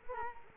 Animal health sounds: mosquito wingbeat signal from an infrared sensor; Culex quinquefasciatus

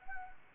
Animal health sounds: mosquito wingbeat signal from an infrared sensor; Anopheles arabiensis

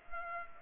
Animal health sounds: mosquito wingbeat signal from an infrared sensor; Culex pipiens

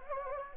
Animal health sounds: mosquito wingbeat signal from an infrared sensor; Anopheles gambiae

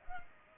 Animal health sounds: mosquito wingbeat signal from an infrared sensor; Culex pipiens

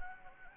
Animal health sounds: mosquito wingbeat signal from an infrared sensor; Anopheles gambiae

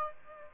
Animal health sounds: mosquito wingbeat signal from an infrared sensor; Aedes aegypti

